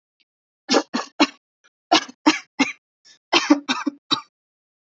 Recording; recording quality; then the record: shallow voluntary cough; excellent, no background noise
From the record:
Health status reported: healthy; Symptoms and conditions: none ticked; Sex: female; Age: 20 years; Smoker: not ticked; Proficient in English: yes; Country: India